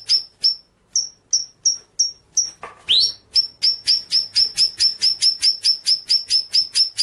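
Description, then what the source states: White-rumped shama delivering a long run of sharp, high, evenly spaced whistled notes, broken by one rising slur. Masteran (training) track, bird singing in full rolling, shooting style (ngerol nembak).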